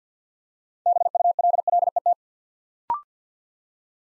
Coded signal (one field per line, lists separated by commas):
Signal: Morse code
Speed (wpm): 50 wpm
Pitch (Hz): 700 Hz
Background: none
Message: BULLET